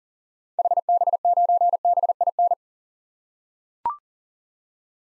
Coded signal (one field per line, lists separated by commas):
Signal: Morse code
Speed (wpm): 40 wpm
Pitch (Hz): 700 Hz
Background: none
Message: HB9BIN